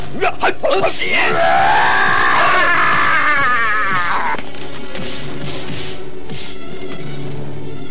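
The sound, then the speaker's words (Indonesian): A quick burst of sharp punches, kicks and whacks opens, followed by a long, strained wavering yell over the scuffle, then the action drops to a quieter rumbling background. “Pukulan-pukulan serta serangan-serangan kaki dari bentuk-bentuk resi Amista terus mengejarnya”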